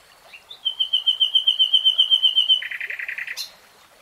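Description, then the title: Nightingale song: a long, very rapid, even trill of pure notes lasting about two seconds, then a lower buzzy rattle and a sharp high note. "[Tiếng chim hót] 3 Hours REALTIME Nightingale Singing"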